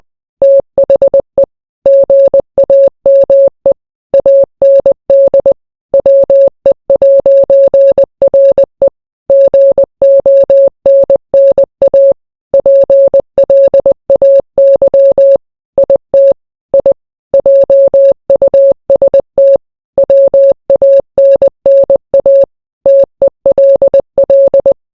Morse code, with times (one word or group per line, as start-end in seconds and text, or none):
0.4-1.4 THE
1.9-3.7 GAME
4.1-5.5 AND
5.9-8.9 WE'RE
9.3-12.1 GONNA
12.5-15.4 PLAY
15.8-16.3 IT
16.7-16.9 I
17.3-19.6 JUST
20.0-22.4 WANNA
22.9-24.7 TELL